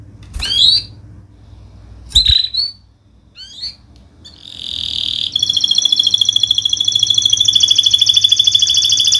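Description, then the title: Canary gives a few separate high chirps, then launches into a long, continuous buzzy rolling trill that carries on to the end. Canary (kenari) in active full song ('gacor'), featuring prized melodic turns ('cengkok') and fill phrases ('isian'), from the Indonesian songbird hobby scene. "Kenari Gacor Cengkok Terbaik Isian Paling Mewah Kenarigacor Kicaumania Kenari"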